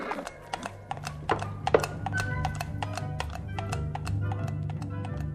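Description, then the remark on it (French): Galloping hoofbeats of a white horse come through as a fast, uneven run of sharp clicking taps over a low, steady hum, with no one speaking. “Déjà, je l'entends galoper.”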